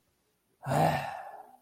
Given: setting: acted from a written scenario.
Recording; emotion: vocal sound without words; pride